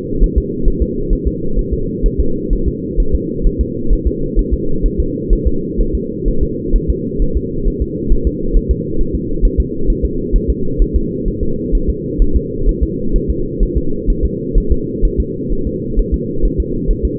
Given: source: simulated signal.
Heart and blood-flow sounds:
fetal heart sounds
0.24 s: S1
0.38 s: S2
0.68 s: S1
0.82 s: S2
1.13 s: S1
1.27 s: S2
1.59 s: S1
1.74 s: S2
2.06 s: S1
2.20 s: S2
2.53 s: S1
2.68 s: S2
3.00 s: S1
3.15 s: S2
3.47 s: S1
3.61 s: S2
3.93 s: S1
4.07 s: S2
4.39 s: S1
4.54 s: S2
4.86 s: S1
5.00 s: S2
5.33 s: S1
5.47 s: S2
5.81 s: S1
5.95 s: S2
6.28 s: S1
6.43 s: S2
6.76 s: S1
6.90 s: S2
7.22 s: S1
7.37 s: S2
7.68 s: S1
7.82 s: S2
8.12 s: S1
8.27 s: S2
8.57 s: S1
8.71 s: S2
9.01 s: S1
9.15 s: S2
9.45 s: S1
9.60 s: S2
9.90 s: S1
10.05 s: S2
10.36 s: S1
10.50 s: S2
10.82 s: S1
10.96 s: S2
11.28 s: S1
11.43 s: S2
11.75 s: S1
11.90 s: S2
12.22 s: S1
12.36 s: S2
12.69 s: S1
12.83 s: S2
13.16 s: S1
13.30 s: S2
13.63 s: S1
13.78 s: S2
14.10 s: S1
14.25 s: S2
14.58 s: S1
14.72 s: S2
15.05 s: S1
15.20 s: S2
15.53 s: S1
15.67 s: S2
15.99 s: S1
16.14 s: S2
16.45 s: S1
16.60 s: S2
16.91 s: S1
17.05 s: S2
From the record:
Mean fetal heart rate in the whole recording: 130 bpm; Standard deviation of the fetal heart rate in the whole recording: 4 bpm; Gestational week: 38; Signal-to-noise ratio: -8.1 dB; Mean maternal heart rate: 72 bpm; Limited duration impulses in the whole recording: absent

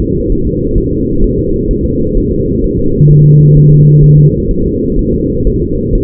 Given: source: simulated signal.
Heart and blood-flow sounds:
fetal heart sounds
0.02 s: S2
0.32 s: S1
0.47 s: S2
0.78 s: S1
0.93 s: S2
1.24 s: S1
1.39 s: S2
1.71 s: S1
1.86 s: S2
2.17 s: S1
2.32 s: S2
2.64 s: S1
2.79 s: S2
3.11 s: S1
3.25 s: S2
3.57 s: S1
3.72 s: S2
4.04 s: S1
4.19 s: S2
4.51 s: S1
4.66 s: S2
4.99 s: S1
5.14 s: S2
5.47 s: S1
5.62 s: S2
5.95 s: S1
From the record:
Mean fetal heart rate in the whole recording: 130 bpm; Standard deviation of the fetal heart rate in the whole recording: 4 bpm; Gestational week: 38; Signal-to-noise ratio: -15.3 dB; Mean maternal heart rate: 72 bpm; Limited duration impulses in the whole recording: present

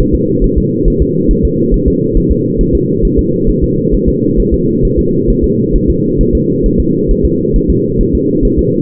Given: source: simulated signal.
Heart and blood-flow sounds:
fetal heart sounds
0.00 s: S1
0.15 s: S2
0.44 s: S1
0.58 s: S2
0.88 s: S1
1.02 s: S2
1.31 s: S1
1.45 s: S2
1.74 s: S1
1.88 s: S2
2.17 s: S1
2.31 s: S2
2.61 s: S1
2.75 s: S2
3.05 s: S1
3.19 s: S2
3.50 s: S1
3.64 s: S2
3.94 s: S1
4.09 s: S2
4.40 s: S1
4.54 s: S2
4.85 s: S1
4.99 s: S2
5.30 s: S1
5.44 s: S2
5.76 s: S1
5.90 s: S2
6.21 s: S1
6.35 s: S2
6.66 s: S1
6.80 s: S2
7.11 s: S1
7.25 s: S2
7.56 s: S1
7.70 s: S2
8.01 s: S1
8.15 s: S2
8.45 s: S1
8.59 s: S2
From the record:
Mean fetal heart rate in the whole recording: 135 bpm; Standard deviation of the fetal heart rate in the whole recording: 3 bpm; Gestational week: 36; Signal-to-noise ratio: -11.2 dB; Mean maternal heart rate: 72 bpm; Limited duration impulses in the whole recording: present

